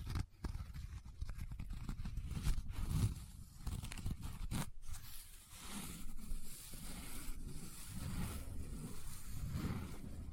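Paper is rubbed and crinkled, with a steady low rumble from handling running underneath the whole time. Sharp crackles cluster in the first half, broken by a brief silence near five seconds. After that the rubbing turns smoother and hissier, with soft swelling thumps.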